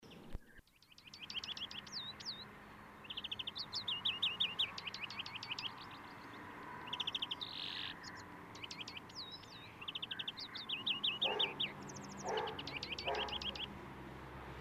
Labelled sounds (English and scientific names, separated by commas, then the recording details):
European Greenfinch (Chloris chloris) song
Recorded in the wild
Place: Kaiserslautern, Rheinland-Pfalz, DE
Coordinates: 49.4283, 7.77889
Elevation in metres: 279
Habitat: garden
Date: 1977-03-06
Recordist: Tretzel, Erwin
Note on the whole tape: Im Garten auf hoher Birke, Kaiserslautern: Gesang